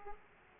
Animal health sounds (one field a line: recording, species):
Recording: mosquito wingbeat signal from an infrared sensor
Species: Aedes aegypti